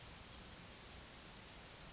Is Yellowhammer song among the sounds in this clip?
no